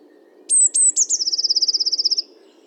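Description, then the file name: Eurasian blue tit song: three high, thin, descending notes, then a fast even trill lasting about a second, with a quiet low background hum. "Cyanistes caeruleus 311018"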